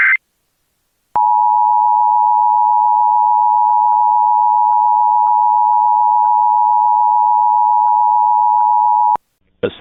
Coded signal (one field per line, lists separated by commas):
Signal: Emergency Alert System (SAME) tones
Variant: 853 and 960 Hz attention tone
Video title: EAS | Local Area Emergency: Morris County, NJ